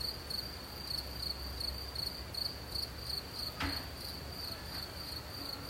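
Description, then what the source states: Cricket chirping in quick regular pulses, high-pitched, with wind in the background and one sharp knock partway through. Outdoors in nature with soft wind.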